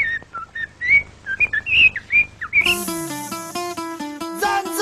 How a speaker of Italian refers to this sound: Il canto del merlo maschio nel folto del bosco, il suo richiamo d'amore.